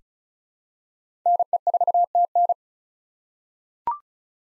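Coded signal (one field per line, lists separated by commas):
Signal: Morse code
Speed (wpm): 36 wpm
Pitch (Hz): 700 Hz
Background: none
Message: NE4TN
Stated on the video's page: Head-copy drill of common 2023 SOTA chaser call signs at 35 wpm; each call is sent in Morse, spoken, then sent again.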